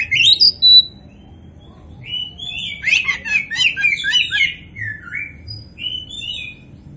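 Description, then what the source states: Oriental magpie-robin song: a couple of sharp whistles open, then a busy jumble of chattering trills and descending slurred notes. Local variety called kacer poci; described as gacor, singing vigorously.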